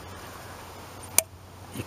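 An electrical connector is pushed back onto an ignition coil on a 2018 Toyota C-HR with a 2.0-liter four-cylinder engine. Over a low, steady background, a single sharp click sounds at 1.2 s as the connector seats on the coil, followed by some faint rustling near the end.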